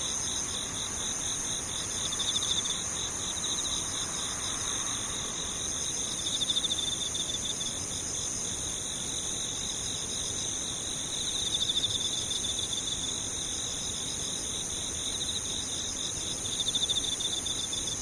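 Insects chirr without pause, several high, thin trilling bands layered together in a dense, steady chorus. The pulsing stays regular throughout, swelling slightly about every five seconds, over a soft low rumble of background noise.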